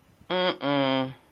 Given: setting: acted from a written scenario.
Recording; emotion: vocal sound without words; confusion